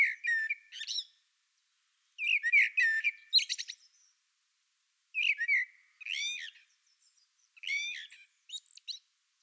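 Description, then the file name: Common blackbird giving harsh, squawking chatters in short bursts of rapid notes, separated by brief silences, about five bursts in all. "Turdus merula"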